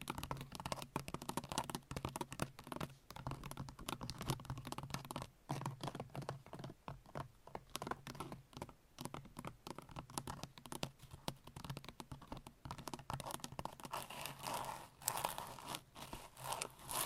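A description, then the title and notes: Long nails tap and scratch in quick, uneven clicks that run densely through the whole stretch, with short pauses between flurries. The sound is crisp and bright, growing busier near the end, over a faint low hum. ASMR Sleep Triggers - Brain Melting Scratching , Tapping , Massage Long Nails No Talking.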